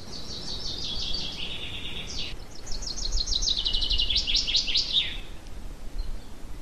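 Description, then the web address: Bird song: a fast, high series of repeated chirping notes lasting about five seconds, over a steady low background rumble. Birds in a pine forest at Ardenno. "ardenno uccelli pineta"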